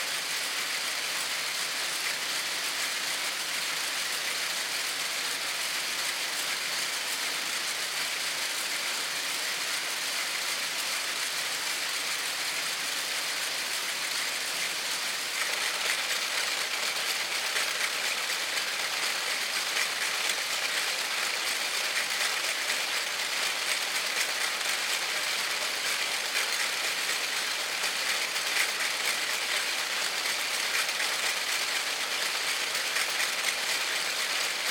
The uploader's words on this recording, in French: Dans les ateliers de tissage. Prise de son et réalisation : Jeanne Robet.